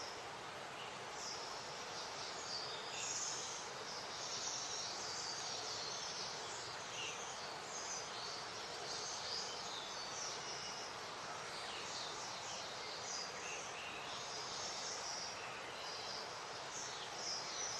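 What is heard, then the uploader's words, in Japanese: Many birds chirp and sing in a Japanese mountain forest, their high, bright calls overlapping densely across the whole stretch. A steady hiss of background noise runs underneath without pause, and the overall level stays even throughout. 日本の山林で録音しました。沢山の鳥たちのさえずりが聞こえます。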